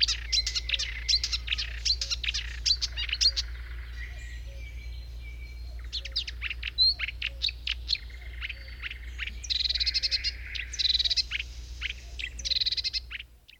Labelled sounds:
Marsh Warbler song
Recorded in the wild
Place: Buschvitz, Insel Rügen, Mecklenburg-Vorpommern, DE
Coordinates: 54.443, 13.48
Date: 1971-05-29
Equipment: Nagra III BH, Sennheiser MD 21
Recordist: Schubert, Michael

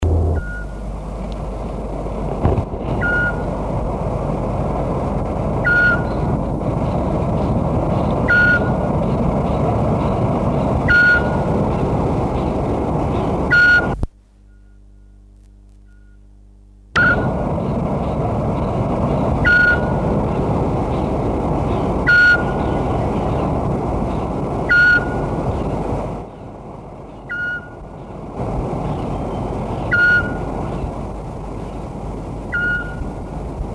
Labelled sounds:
Eurasian Scops Owl
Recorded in the wild
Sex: male
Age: adult
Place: Primorsko, Burgas, BG
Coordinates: 42.2667, 27.75
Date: 1967-06-10
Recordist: Stiefel, Arnd

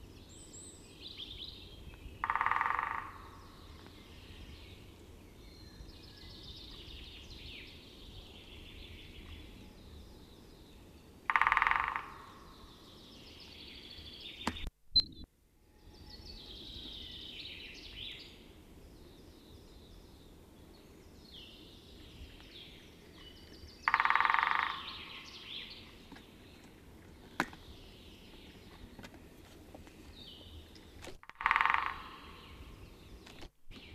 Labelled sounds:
Great Spotted Woodpecker drumming
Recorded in the wild
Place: St. Martin, Appenzeller Land, Rheinland-Pfalz, DE
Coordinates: 49.3004, 8.1015
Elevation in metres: 241
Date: 1976-04-20
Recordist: Tretzel, Erwin

